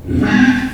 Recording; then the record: squeal of a Yucatan mini pig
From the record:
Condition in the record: after surgery on the right vocal fold (resection and tissue-engineered implant); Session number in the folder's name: 1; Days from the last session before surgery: 13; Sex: female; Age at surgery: 19 weeks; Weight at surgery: 25 kg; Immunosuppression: prednisolone